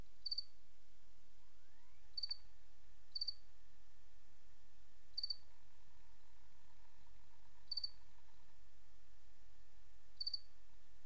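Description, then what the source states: Cricket chirps, brief pulsed bursts repeated irregularly every one to two and a half seconds, a faint rising whine and steady hiss behind. Recorded 28 August 2007.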